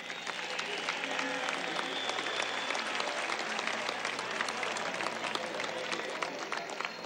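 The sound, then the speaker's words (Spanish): Steady applause from a crowd in the centre of Caracas, Venezuela, clapping as a greeting to fellow citizens, a dense rush of overlapping claps that holds at an even, fairly loud level for several seconds without a break. “Desde aquí le envío mis saludos a esos ciudadanos y a esas ciudadanas, y les damos un aplauso como hermanos desde aquí.”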